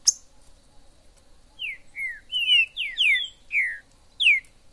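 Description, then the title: Green-winged saltator song: a phrase of several loud slurred whistles, mostly falling in pitch. In the forest (mato). "Trinca ferro MAJOR no MATO"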